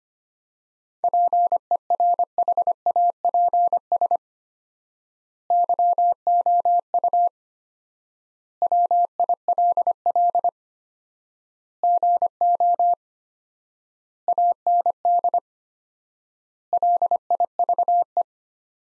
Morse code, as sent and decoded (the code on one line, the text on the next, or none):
.--. . .-. .... .- .--. ... / -.-- --- ..- / .-- .. .-.. .-.. / --. --- / .- -. -.. / .-.. .. ...- .
PERHAPS YOU WILL GO AND LIVE